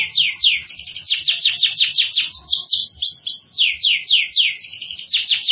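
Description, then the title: Atlantic canary song: a continuous, energetic series of fast repeated downward-sweeping trill notes. "Kenari"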